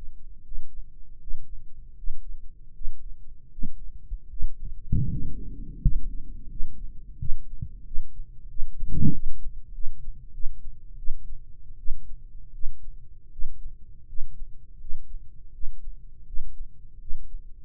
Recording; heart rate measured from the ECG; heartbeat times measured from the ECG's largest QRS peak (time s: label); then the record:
heart sounds by microphone in the right ear; 83 bpm
0.42 s: heartbeat
1.18 s: heartbeat
1.94 s: heartbeat
2.71 s: heartbeat
3.49 s: heartbeat
4.27 s: heartbeat
5.07 s: heartbeat
5.79 s: heartbeat
6.48 s: heartbeat
7.17 s: heartbeat
7.84 s: heartbeat
8.47 s: heartbeat
9.11 s: heartbeat
9.72 s: heartbeat
10.32 s: heartbeat
10.96 s: heartbeat
11.77 s: heartbeat
12.52 s: heartbeat
13.30 s: heartbeat
14.06 s: heartbeat
14.78 s: heartbeat
15.51 s: heartbeat
16.24 s: heartbeat
16.98 s: heartbeat
From the record:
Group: healthy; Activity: Valsalva maneuver 0-4 s, rest 4-18 s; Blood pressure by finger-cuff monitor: 139/79 mmHg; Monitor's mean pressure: 99 mmHg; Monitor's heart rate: 82 bpm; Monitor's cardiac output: 7.2 L/min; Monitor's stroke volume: 83 mL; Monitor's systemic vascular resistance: 1040 dyn s/cm5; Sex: male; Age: 21 years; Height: 180 cm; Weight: 67.5 kg